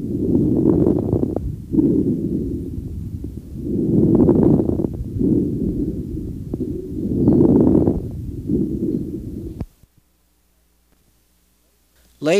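Adult lungs through a stethoscope: about three breath cycles at roughly 19 per minute, with brief, sharp popping crackles clustered late in each inspiration, then silence. Late inspiratory crackles arise in peripheral airways, may come with an end-inspiratory wheeze, and are characteristic of restrictive pulmonary disease: interstitial fibrosis, asbestosis, pneumonia, heart-failure congestion, sarcoidosis, scleroderma and rheumatoid lung.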